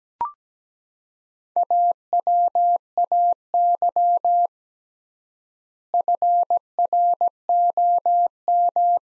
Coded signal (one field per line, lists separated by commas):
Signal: Morse code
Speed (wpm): 17 wpm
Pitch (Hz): 700 Hz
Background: none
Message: AWAY FROM